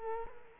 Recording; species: mosquito wingbeat signal from an infrared sensor; Culex quinquefasciatus